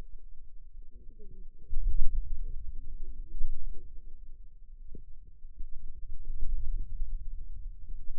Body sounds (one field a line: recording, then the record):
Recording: forearm muscle sounds (acoustic myography)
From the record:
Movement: wrist extension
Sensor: system 2, bracelet of six BSWA MPA416 microphones around the upper forearm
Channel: 1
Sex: female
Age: 21 years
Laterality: right